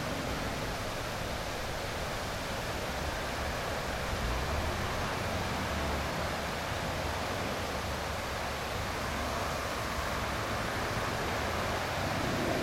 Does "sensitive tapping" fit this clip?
no